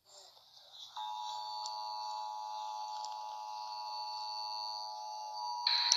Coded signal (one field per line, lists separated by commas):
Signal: Emergency Alert System (SAME) tones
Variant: 853 and 960 Hz attention tone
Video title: Alice killings An EAS CREPPYPASTA SCENARIO